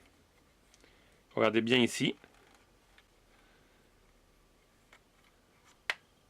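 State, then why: Released. Someone talks briefly, then the hinged plastic canopy of a clone-brand brick starfighter (from an A-wing and Darth Vader TIE fighter building-brick set) is opened on its hinge piece. The hinge gives a small, sharp click at 5.9 s as the canopy releases open, a habitual defect of these clone brands.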